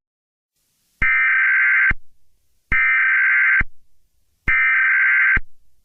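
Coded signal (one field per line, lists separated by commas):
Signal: Emergency Alert System (SAME) tones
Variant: header bursts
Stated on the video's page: Fictional alert tape.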